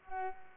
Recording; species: mosquito wingbeat signal from an infrared sensor; Culex pipiens